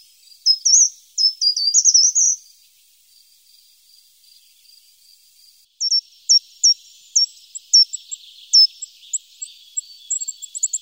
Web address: Cants raspinellcomu